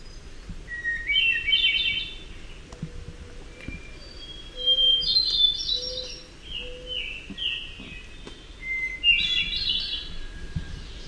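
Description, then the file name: Hermit thrush song: several flute-like phrases, each opening on a clear held whistle followed by a higher flourish, separated by pauses. "HETH song"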